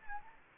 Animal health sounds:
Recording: mosquito wingbeat signal from an infrared sensor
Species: Anopheles gambiae

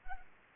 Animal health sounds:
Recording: mosquito wingbeat signal from an infrared sensor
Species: Anopheles arabiensis

